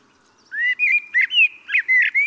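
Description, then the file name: Common blackbird song fragment: a quick run of mellow whistled notes, rising and falling. "Turdus merula"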